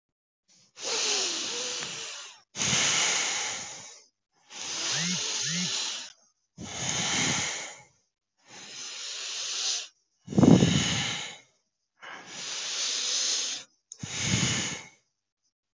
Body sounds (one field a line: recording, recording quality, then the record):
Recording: deep breathing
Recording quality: excellent, no background noise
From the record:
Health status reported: healthy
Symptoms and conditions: none ticked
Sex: male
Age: 35 years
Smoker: not ticked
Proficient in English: yes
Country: India